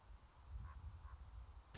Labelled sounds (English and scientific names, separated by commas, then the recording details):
Common Raven (Corvus corax)
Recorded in Sonoma County, California